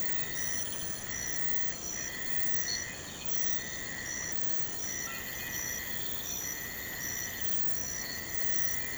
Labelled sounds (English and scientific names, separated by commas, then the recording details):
none
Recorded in pastures near Puerto Asís, Putumayo, Colombia, on 24 March 2025 at 03:00
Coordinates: 0.472, -76.329
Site G074